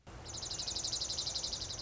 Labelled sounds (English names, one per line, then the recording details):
Dark-eyed Junco
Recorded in Sonoma County, California